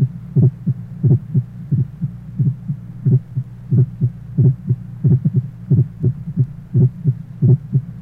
Age 40, normal splitting of the first heart sound, mitral area.